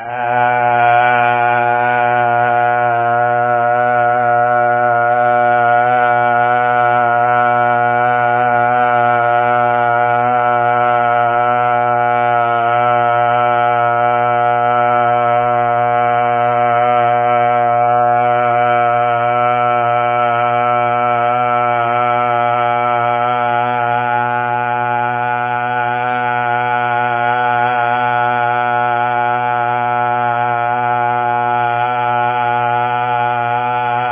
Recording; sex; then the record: sustained vowel /a/; male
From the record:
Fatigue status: no fatigue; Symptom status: asymptomatic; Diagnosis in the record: COVID-19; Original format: 3gp